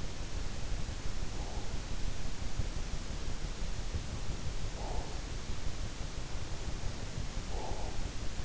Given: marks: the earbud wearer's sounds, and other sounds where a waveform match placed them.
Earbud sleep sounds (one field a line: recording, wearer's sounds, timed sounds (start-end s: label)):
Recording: sounds in sleep by an in-ear microphone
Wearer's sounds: breath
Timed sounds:
1.31-2.15 s: breath
4.10-5.59 s: breath
7.35-8.45 s: breath